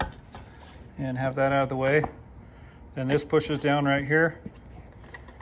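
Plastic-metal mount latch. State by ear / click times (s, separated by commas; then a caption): seated / 5.1 s. Someone talks while the Lone Rider quick-release mount on a motorcycle soft saddlebag is pushed down onto its mounting bracket. A quiet metal/plastic click is heard at 5.1 s, and the quick-release latch locks in place.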